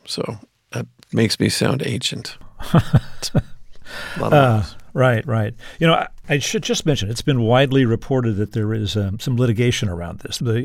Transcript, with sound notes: So that makes me sound ancient.
(Laughter) Right, right. You know, I should just mention it's been widely reported that there is some litigation around this.